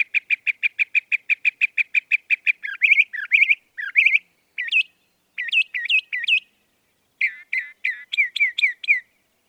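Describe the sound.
Northern mockingbird song opening with a fast even burst of clicking notes, then varied looping phrases given in pairs and triplets with short silent gaps.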